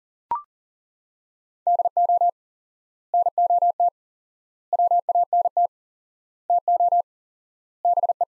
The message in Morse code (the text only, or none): DO NOT WANT TO BE